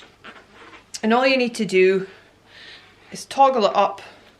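Someone talks while handling the parking brake toggle on the rear axle of a Baby Jogger City Mini GT Double stroller, about to flip it up into its locked position. Faint handling noises sit under the voice, and the lever has not seated or clicked yet.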